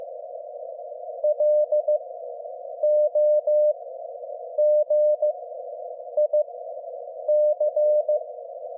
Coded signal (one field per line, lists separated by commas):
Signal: Morse code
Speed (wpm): 15 wpm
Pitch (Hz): 600 Hz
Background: none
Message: LOGIC